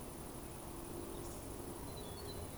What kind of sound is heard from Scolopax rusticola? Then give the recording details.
whistle. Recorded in Baden-Württemberg, Germany, on 25 June 2020 at 19:49 UTC. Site 24578, 122 m above sea level